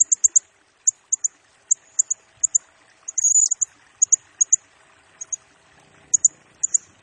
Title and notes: Burung Serindit Nembak Gacor Bikin Emosi Semua Burung. Suara Nasteran Dan Pemikat Burung Serinditan Gacor